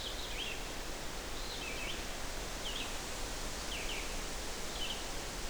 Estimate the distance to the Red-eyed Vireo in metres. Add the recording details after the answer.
about 80 m. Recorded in boreal forest in Alberta, Canada, on 12 June 2016 at 05:45. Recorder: SongMeter 3, array SBT-3-18. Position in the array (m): 234 m, 100 m